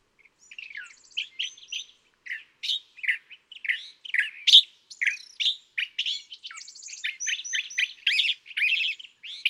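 California thrasher singing a long, continuous run of varied phrases, mixing harsh chatters, rich warbled notes and brief whistles with hardly a pause.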